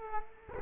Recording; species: mosquito wingbeat signal from an infrared sensor; Culex quinquefasciatus